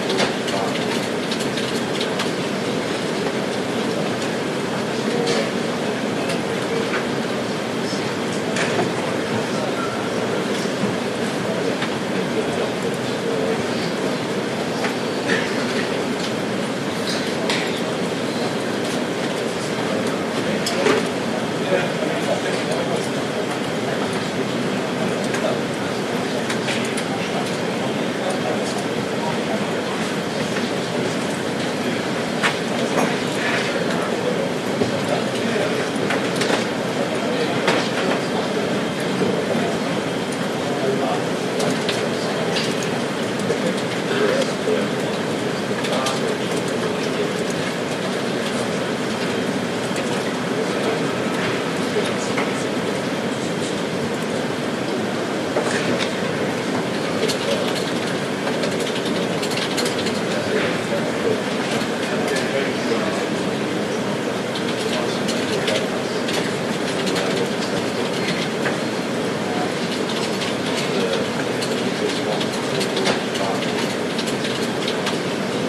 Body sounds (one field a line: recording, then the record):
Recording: background sound without coughing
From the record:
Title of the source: Office Sounds Ambience - Background Noise for Study and Work